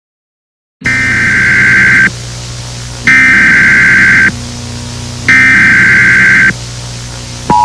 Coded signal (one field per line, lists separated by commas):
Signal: Emergency Alert System (SAME) tones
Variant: header bursts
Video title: EAS SCENARIO || Alexandria EF5